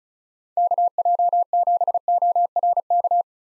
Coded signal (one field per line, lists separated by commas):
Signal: Morse code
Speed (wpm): 36 wpm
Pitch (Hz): 700 Hz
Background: none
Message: KJ7ORK